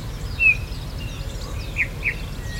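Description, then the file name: Eurasian bullfinch giving one soft descending whistle, followed by two fainter, blurred notes against quiet background noise. "Pyrrhula pyrrhula"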